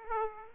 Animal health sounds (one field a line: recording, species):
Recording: mosquito wingbeat signal from an infrared sensor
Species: Aedes aegypti